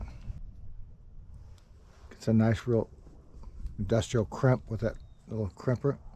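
A crimped high-temperature wire connector is handled near its mating plug housing for sand battery heater wiring while someone talks, with a few faint handling ticks around 1.6, 2.1, 3.4 and 3.7 seconds. Nothing has seated or clicked yet; the clip ends just before the connector goes home.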